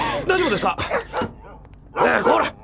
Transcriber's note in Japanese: ドア開ける